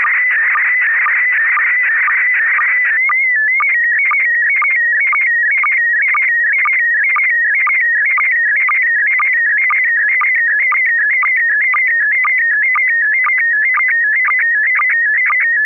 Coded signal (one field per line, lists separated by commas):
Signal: SSTV (slow-scan television)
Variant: PD 120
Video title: N6NA SSTV Net - 10/05/2022